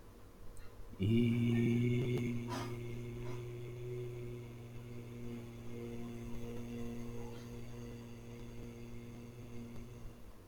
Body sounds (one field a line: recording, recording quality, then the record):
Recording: sustained vowel as in beet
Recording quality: moderate, slight background noise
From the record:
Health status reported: healthy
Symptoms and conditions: none ticked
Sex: male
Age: 19 years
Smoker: not ticked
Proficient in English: yes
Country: India